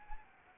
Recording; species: mosquito wingbeat signal from an infrared sensor; Anopheles arabiensis